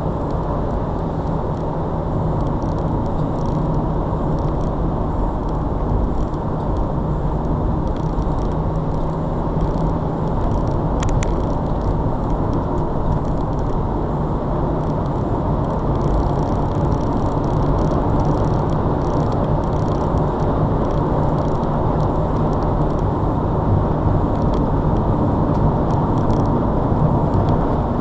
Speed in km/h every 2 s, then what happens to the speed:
72, 72, 69, 69, 74, 76, 77, 77, 82, 85, 87, 87, 89, 87.
0-6 steady at about 69. 6-20 speeds up to 87. 20-28 steady at about 87.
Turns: none.